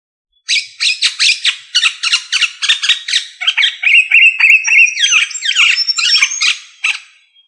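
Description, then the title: Australorp chicken squawking after a brief silence, dense harsh notes in fast runs, easing into scattered calls near the end. "manok ostrali"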